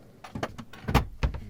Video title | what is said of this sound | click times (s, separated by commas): Ford Transit Connect - The Ultimate Camper Van Tour | and when you hear the click it's locked in | 1.2 s